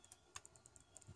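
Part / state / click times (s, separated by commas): memory card into action camera slot / seated / 0.4 s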